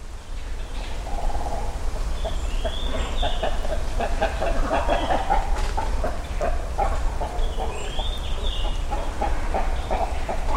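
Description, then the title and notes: Great cormorants giving guttural clucking and croaking calls in irregular bursts, with other birds' thin whistles and a constant low background rumble. Nesting high in trees along the Yasugawa river, Ritto City, Shiga Prefecture, Japan; Sony PCM-M10 with small omni mics tied to a tree; only trimmed and faded, no compression or EQ. "Great Cormorants (カワウ) nesting high in trees along Yasugawa (river) in Ritto City, Shiga Prefecture, Japan."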